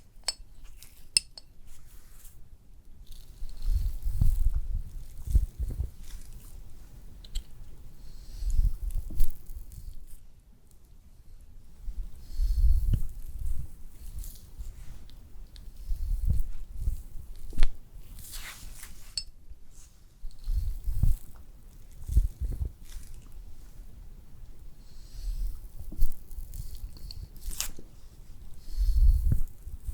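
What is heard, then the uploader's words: Layered spa facial sounds: soft, squishy rubbing pulses in irregular bursts every few seconds, with faint crinkly high ticks scattered between. ASMR First Person Realistic SPA Facial Layered Sounds, Personal Attention (No talking).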